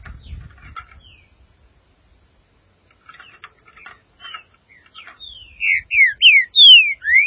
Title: Trinca Ferro